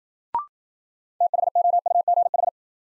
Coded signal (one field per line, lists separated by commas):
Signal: Morse code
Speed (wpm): 53 wpm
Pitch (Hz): 700 Hz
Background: none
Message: THOUGH